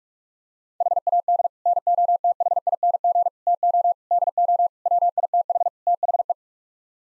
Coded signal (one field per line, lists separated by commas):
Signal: Morse code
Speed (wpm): 47 wpm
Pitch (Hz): 700 Hz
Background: none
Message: HAD NOTHING TO DO WITH THE